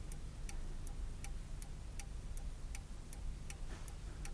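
An old 18th-century mantel clock with a golden grille, above a fireplace, ticks steadily, with crisp, bright clicks spaced roughly every 0.4 seconds, alternating slightly in tone like a tick-tock over a low, steady background hum. No one speaks.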